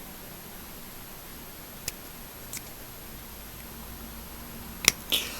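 A brown plastic building block on a bear model is fiddled with after it would not snap in at first, giving a few soft taps around 1.9 s and 2.6 s. It then snaps into place with a sharp click at 4.9 s, followed by a brief rustle, and the block is seated.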